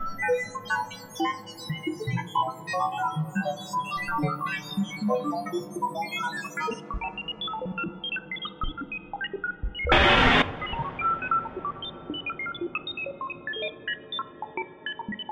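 An algorithmically generated noise scene made of dense, overlapping short electronic tones, like scattered beeps and dial-tone blips, running throughout over a low steady hum. The highest tones drop away near seven seconds, and a loud, harsh burst cuts in around ten seconds.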